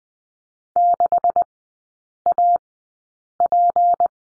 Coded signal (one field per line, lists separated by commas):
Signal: Morse code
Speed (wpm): 20 wpm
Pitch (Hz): 700 Hz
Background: none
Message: 6AP